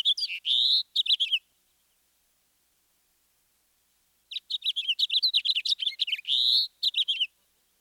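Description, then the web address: House finch song: a rapid, jumbled warble of high chirps and slurred notes, one short phrase, a pause of about three seconds, then a longer phrase. "Peterson Guides. House Finch"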